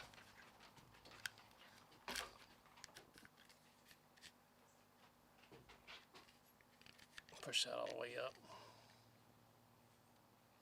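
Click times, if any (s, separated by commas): none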